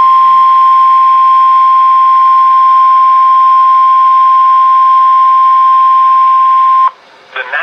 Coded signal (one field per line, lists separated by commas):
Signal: Emergency Alert System (SAME) tones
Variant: 1050 Hz attention tone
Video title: NOAA Radio (EAS # 542) River Flood Warning With TFT & Endec Relay! 12/27/18